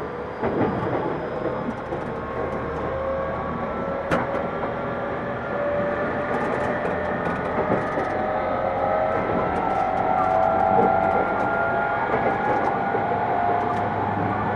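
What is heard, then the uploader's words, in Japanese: A Tokyu 2000 series train running between Shibuya and Azamino, with a steady rumble and rolling noise throughout. Thin whining tones glide slowly upward in pitch from the middle onward, and a sharp clunk sounds around four seconds, with scattered faint rattles and clicks. 東急2000系 渋谷〜あざみ野。急行運用を録音。ステンレス鋼製20m級軽量車体の4扉車である。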